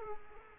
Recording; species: mosquito wingbeat signal from an infrared sensor; Culex quinquefasciatus